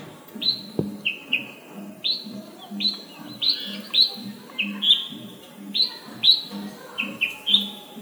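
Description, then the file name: Red-whiskered bulbul calls, bright chirped notes in pairs and singles, repeated about every half second, with one sharp click near the start. "Red-whiskered bulbul (Pycnonotus jocosus)"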